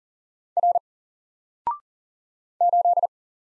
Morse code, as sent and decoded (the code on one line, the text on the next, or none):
.-. / ---..
R 8